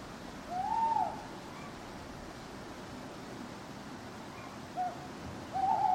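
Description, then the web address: Owl hooting: a wavering hoot near the start and two shorter hoots near the end, over steady hiss. Owls hooting in a churchyard at night; background ambience. "birds backgrounds churchyard night owls hooting clock strike"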